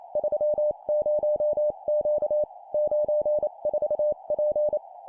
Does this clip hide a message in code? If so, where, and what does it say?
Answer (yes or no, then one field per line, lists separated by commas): yes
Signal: Morse code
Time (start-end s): 0.2-4.8 s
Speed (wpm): 28 wpm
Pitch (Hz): 600 Hz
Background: none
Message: 30Q 94P